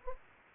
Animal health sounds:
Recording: mosquito wingbeat signal from an infrared sensor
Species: Anopheles arabiensis

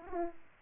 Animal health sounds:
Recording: mosquito wingbeat signal from an infrared sensor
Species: Aedes aegypti

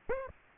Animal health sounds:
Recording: mosquito wingbeat signal from an infrared sensor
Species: Aedes aegypti

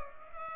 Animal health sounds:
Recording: mosquito wingbeat signal from an infrared sensor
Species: Culex pipiens

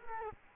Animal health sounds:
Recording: mosquito wingbeat signal from an infrared sensor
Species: Culex quinquefasciatus

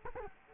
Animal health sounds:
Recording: mosquito wingbeat signal from an infrared sensor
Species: Culex quinquefasciatus

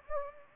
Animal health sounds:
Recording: mosquito wingbeat signal from an infrared sensor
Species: Anopheles gambiae

